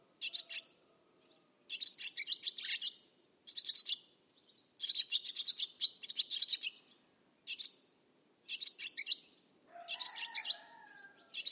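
Barn swallow giving fast series of high, twittering chirps in repeated bursts.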